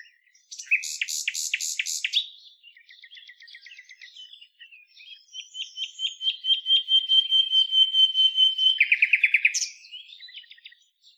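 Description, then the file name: Common nightingale song: rapid pulsed notes, a soft chattering passage, then a long swelling series of whistled notes followed by a low rattle. "Luscinia megarhynchos"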